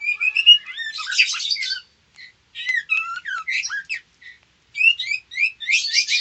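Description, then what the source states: White-rumped shama making a jumble of scratchy, buzzy notes and clear upslurred whistles, with short pauses between phrases. Female.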